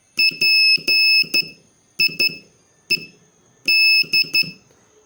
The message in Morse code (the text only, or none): PIED